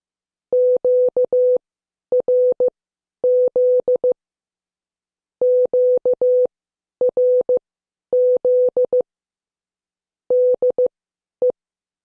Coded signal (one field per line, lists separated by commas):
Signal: Morse code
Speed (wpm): 15 wpm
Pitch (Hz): 500 Hz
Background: none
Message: QRZ QRZ DE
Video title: Morse Code Class 10